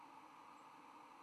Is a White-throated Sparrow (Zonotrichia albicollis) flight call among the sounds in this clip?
no